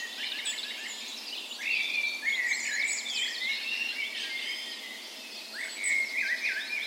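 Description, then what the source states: Dawn chorus of birds: dense high trills and chirps overlapping. Spring dawn chorus in a park west in Bergen, Norway, morning of 17 May, Norway's National Day; Sony PCM A10 recorder with LOM micro Usi mics as tree ears.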